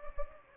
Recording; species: mosquito wingbeat signal from an infrared sensor; Anopheles gambiae